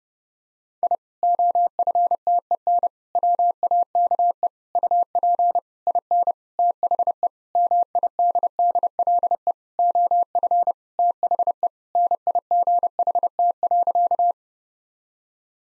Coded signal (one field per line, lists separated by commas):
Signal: Morse code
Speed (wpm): 32 wpm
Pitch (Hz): 700 Hz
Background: none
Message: I OFTEN WAKE UP IN THE MIDDLE OF THE NIGHT.